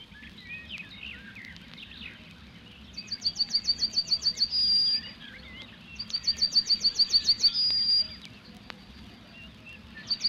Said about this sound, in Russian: То вскоре услышишь синь, синь, синь. Это на кусте вербы поет желтогрудая овсянка. Синь, синь, синь, все чаще вызванивает она.